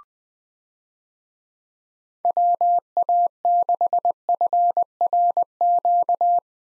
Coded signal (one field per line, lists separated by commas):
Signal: Morse code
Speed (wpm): 20 wpm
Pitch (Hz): 700 Hz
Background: none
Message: WA6FRQ